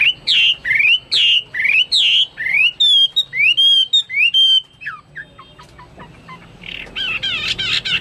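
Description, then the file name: Chinese hwamei singing rich whistled phrases with sweeping and rolling notes for about five seconds, then quieter scattered chips and a soft chattering burst near the end. "omkicau hwamei"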